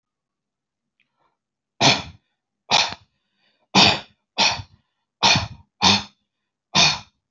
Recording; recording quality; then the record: heavy voluntary cough; excellent, no background noise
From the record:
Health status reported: healthy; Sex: male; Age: 58 years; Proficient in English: yes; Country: India